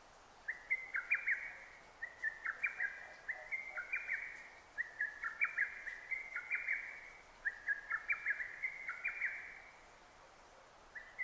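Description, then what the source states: Lesser cuckoo song: several quick staccato phrases of sharp notes in close succession, over a soft steady hiss. Recorded 6 June 2009.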